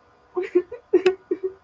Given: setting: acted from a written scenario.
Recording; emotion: vocal sound without words; sadness